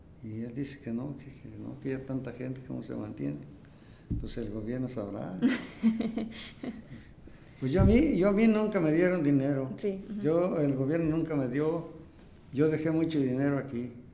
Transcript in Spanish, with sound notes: Y él dice que no, que no, que ya tanta gente cómo se mantiene. Pos el Gobierno sabrá. (risas) Pos yo a mí, a mí nunca me dieron dinero. Yo el Gobierno nunca me dio, yo dejé mucho dinero aquí.